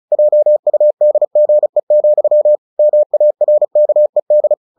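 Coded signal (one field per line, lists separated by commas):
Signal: Morse code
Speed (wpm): 36 wpm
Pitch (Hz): 600 Hz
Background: none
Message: JUDGE, MARKED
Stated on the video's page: Morse headcopy practice of a short story at 35 WPM.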